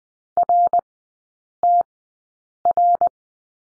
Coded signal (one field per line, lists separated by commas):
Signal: Morse code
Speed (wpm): 20 wpm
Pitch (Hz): 700 Hz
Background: none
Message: RTR